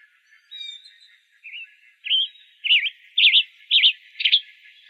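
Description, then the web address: Western Tanager calling: soft notes build into a steady series of sharp, slurred double notes, repeated about twice a second and growing louder. Recorded in Arizona. "Tanagers AZFO WETA 5 deviche 052308"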